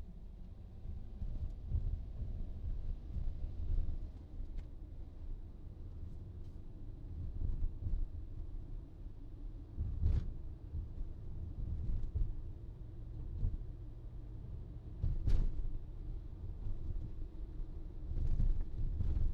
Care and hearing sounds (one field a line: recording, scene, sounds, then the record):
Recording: everyday scene through a hearing-aid microphone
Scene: in a vehicle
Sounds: engine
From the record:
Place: VW T5 Caravelle, diesel engine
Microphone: in the ear canal, right